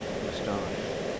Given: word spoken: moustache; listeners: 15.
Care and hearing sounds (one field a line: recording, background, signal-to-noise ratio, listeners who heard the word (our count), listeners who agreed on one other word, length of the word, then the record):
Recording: one English word in noise, from a listening test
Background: speech-shaped noise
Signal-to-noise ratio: -4.1 dB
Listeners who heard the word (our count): 2 of 15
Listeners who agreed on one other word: 6 of 15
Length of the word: 0.80 s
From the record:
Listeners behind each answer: 6, 2, 1, 1, 1, 1, 1, 1, 1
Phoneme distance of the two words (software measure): 24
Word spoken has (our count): 2 syllables, 6 phonemes, stress on syllable 2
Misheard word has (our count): 1 syllable, 4 phonemes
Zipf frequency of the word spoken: 3.80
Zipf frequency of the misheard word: 5.77